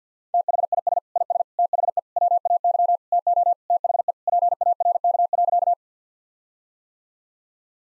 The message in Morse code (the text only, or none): THIS IS THE WAY TO THE PARK.